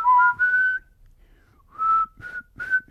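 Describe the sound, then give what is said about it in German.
Someone whistles a short melody from the intro of a German rock band's song: a few clear, sustained mid-high notes, a brief pause, then several more rising phrases, fairly loud and with no talking. “Rock-Gruppe. Wo einer so pfeift am Anfang.”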